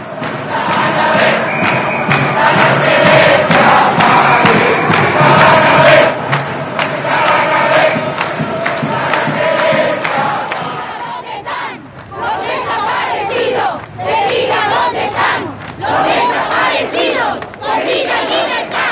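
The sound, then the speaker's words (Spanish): Archival audio compiled by Argentina's Archivo Nacional de la Memoria from marches against the coup: a large protest crowd chants slogans in unison, loud and rhythmic with repeated shouted phrases, the mass of voices swelling and dipping briefly before rising again. “Escuchando ustedes parte de lo que se gritó en las movilizaciones en todos estos años, que hay un trabajo que está presentado hoy por el Archivo Nacional de la Memoria, es un audio que recopila las cosas que se cantaron en las marchas contra el golpe”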